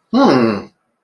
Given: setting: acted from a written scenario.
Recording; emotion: vocal sound without words; interest